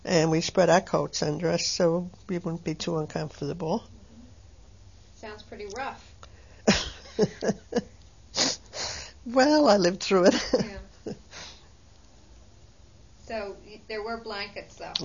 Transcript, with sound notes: And we spread our coats and dresses so we wouldn't be too uncomfortable.
Sounds pretty rough?
(She laughs.) Well I lived through it.
So, there were blankets though?